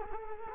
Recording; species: mosquito wingbeat signal from an infrared sensor; Culex quinquefasciatus